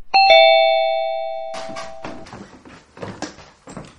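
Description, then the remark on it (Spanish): A neighbour rings at a woman's front door: a two-tone doorbell chimes once, a bright ding-dong whose ringing tones fade slowly over about two seconds, then voices begin talking. “Un día estaba junto a la ventana, malhumorada, observando las luces de Navidad que estaban instalando en toda su calle, cuando llamaron a la puerta.”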